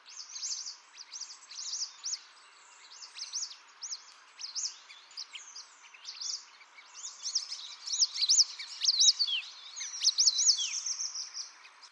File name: 灰喉山椒鳥